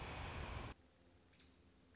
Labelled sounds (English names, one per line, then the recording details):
American Robin
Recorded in Sonoma County, California